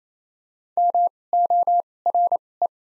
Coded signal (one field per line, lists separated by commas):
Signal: Morse code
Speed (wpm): 27 wpm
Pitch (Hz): 700 Hz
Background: none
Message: M O R E